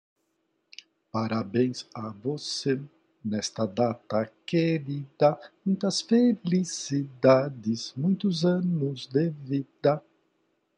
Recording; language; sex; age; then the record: short text; Brazilian Portuguese; male; 60 to 69 years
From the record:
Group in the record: control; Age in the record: 67 years